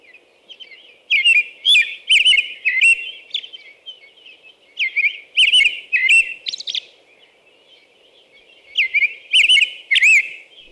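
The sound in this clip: American robin song: three bursts of short, rich, whistled carolling phrases, each bout a quick string of rising and falling notes with thin high squeaks, over a faint steady hum.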